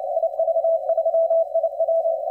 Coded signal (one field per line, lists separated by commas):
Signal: Morse code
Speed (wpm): 29 wpm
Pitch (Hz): 660 Hz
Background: radio noise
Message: IV3IW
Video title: V29VCX 40M CW